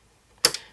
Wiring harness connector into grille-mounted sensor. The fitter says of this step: click it down. If it doesn't click, then it's not plugged in all the way, so make sure it clicks.